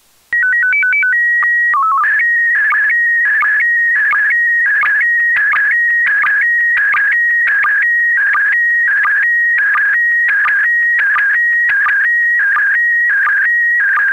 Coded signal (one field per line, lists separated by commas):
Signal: SSTV (slow-scan television)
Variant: PD 90